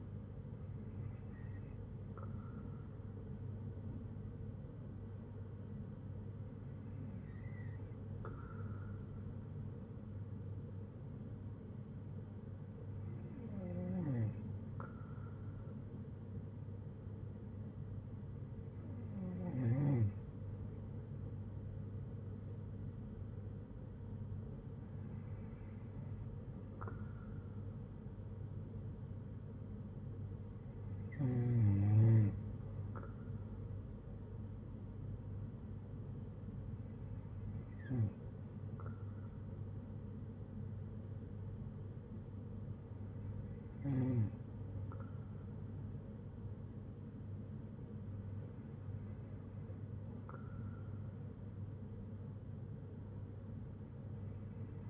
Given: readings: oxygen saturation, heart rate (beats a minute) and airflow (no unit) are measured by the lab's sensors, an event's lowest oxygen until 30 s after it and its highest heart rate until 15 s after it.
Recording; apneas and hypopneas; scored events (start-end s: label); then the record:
breathing in sleep by a smartphone at the bedside; none
16.00-54.90 s: new sleep stage, N2 (light sleep)
From the record:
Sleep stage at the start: N1 (lightest sleep); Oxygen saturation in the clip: 93 to 95%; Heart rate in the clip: 57 to 65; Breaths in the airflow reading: 9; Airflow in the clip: -6.5 to 4.2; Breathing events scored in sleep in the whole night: 182 in 7.4 hours asleep